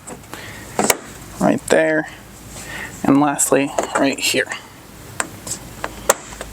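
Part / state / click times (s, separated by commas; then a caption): plastic push-in insert into inner fender hole / seated / 5.2 s, 6.1 s. On a 2024+ Ford Ranger Raptor, during a Rokblokz mud flap install, the last of three plastic push-in inserts is pressed into the inner fender holes while someone talks. Sharp clicks sound at 5.2 s and 6.1 s as the insert seats into place.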